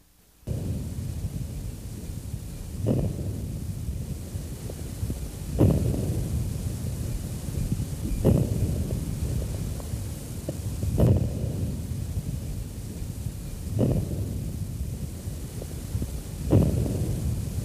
Early inspiratory crackles. Early inspiratory crackles are characteristic of severe airway obstruction and appear to be produced in the proximal and larger airways. are not silenced by cough or change of posture. Among the diseases associated with early inspiratory crackles are chronic bronchitis, asthma, and emphysema.